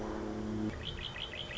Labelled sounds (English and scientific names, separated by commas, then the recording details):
Red-winged Blackbird (Agelaius phoeniceus)
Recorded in Sonoma County, California